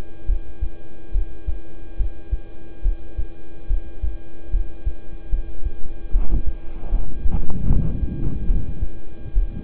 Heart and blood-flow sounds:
heart sounds by stethoscope; between the tricuspid and mitral areas; 73 bpm
0.26 s: heartbeat
1.12 s: heartbeat
1.97 s: heartbeat
2.82 s: heartbeat
3.67 s: heartbeat
4.50 s: heartbeat
5.29 s: heartbeat
6.11 s: heartbeat
6.89 s: heartbeat
7.66 s: heartbeat
8.46 s: heartbeat
9.33 s: heartbeat
From the record:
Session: rest, lying down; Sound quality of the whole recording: good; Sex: male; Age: 26 years

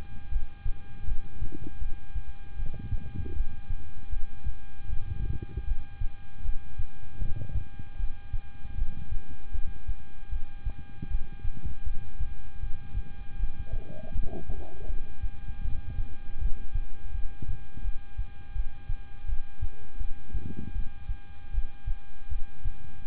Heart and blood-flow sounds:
heart sounds by stethoscope; between the tricuspid and mitral areas; 79 bpm
0.29 s: heartbeat
1.05 s: heartbeat
1.79 s: heartbeat
2.56 s: heartbeat
3.34 s: heartbeat
4.10 s: heartbeat
4.86 s: heartbeat
5.65 s: heartbeat
6.42 s: heartbeat
7.18 s: heartbeat
7.97 s: heartbeat
8.75 s: heartbeat
9.52 s: heartbeat
10.29 s: heartbeat
11.08 s: heartbeat
11.84 s: heartbeat
12.60 s: heartbeat
13.37 s: heartbeat
14.13 s: heartbeat
14.87 s: heartbeat
15.62 s: heartbeat
16.39 s: heartbeat
17.12 s: heartbeat
17.82 s: heartbeat
18.53 s: heartbeat
19.26 s: heartbeat
19.98 s: heartbeat
20.73 s: heartbeat
21.51 s: heartbeat
22.29 s: heartbeat
23.06 s: heartbeat
From the record:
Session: rest, lying down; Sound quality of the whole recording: good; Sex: male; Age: 26 years

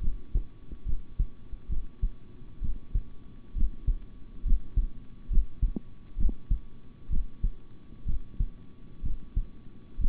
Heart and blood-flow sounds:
heart sounds by stethoscope; between the tricuspid and mitral areas; 66 bpm
0.85 s: heartbeat
1.68 s: heartbeat
2.61 s: heartbeat
3.54 s: heartbeat
4.44 s: heartbeat
5.29 s: heartbeat
6.17 s: heartbeat
7.09 s: heartbeat
8.05 s: heartbeat
9.02 s: heartbeat
9.98 s: heartbeat
From the record:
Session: rest, sitting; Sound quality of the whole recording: good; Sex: male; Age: 26 years

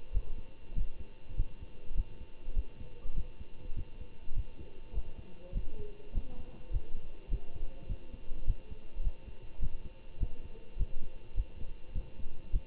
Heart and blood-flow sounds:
heart sounds by stethoscope; between the tricuspid and mitral areas; 102 bpm
0.12 s: heartbeat
0.74 s: heartbeat
1.35 s: heartbeat
1.94 s: heartbeat
2.53 s: heartbeat
3.13 s: heartbeat
3.74 s: heartbeat
4.33 s: heartbeat
4.92 s: heartbeat
5.53 s: heartbeat
6.13 s: heartbeat
6.71 s: heartbeat
7.29 s: heartbeat
7.87 s: heartbeat
8.45 s: heartbeat
9.02 s: heartbeat
9.59 s: heartbeat
10.18 s: heartbeat
10.77 s: heartbeat
11.35 s: heartbeat
11.93 s: heartbeat
12.51 s: heartbeat
From the record:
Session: Bruce protocol treadmill stress test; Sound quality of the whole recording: good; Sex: male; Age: 25 years

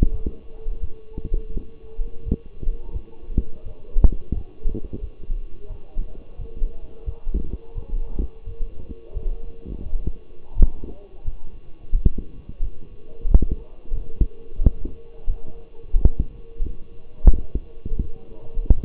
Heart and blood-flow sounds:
heart sounds by stethoscope; between the tricuspid and mitral areas; 87 bpm
0.11 s: heartbeat
0.81 s: heartbeat
1.53 s: heartbeat
2.24 s: heartbeat
2.93 s: heartbeat
3.64 s: heartbeat
4.33 s: heartbeat
5.00 s: heartbeat
5.68 s: heartbeat
6.37 s: heartbeat
7.05 s: heartbeat
7.74 s: heartbeat
8.45 s: heartbeat
9.14 s: heartbeat
9.84 s: heartbeat
10.54 s: heartbeat
11.23 s: heartbeat
11.92 s: heartbeat
12.61 s: heartbeat
13.27 s: heartbeat
13.93 s: heartbeat
14.60 s: heartbeat
15.26 s: heartbeat
15.93 s: heartbeat
16.62 s: heartbeat
17.32 s: heartbeat
18.01 s: heartbeat
18.74 s: heartbeat
From the record:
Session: walking at 3.7 km/h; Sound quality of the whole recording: partially saturated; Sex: male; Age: 24 years

